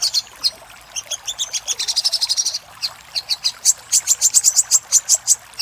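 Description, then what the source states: Little spiderhunter singing scattered high chips that speed into a rapid rattle, pause, then resume as a quick series of piercing notes. Master recording for training cage birds; labelled Labaik.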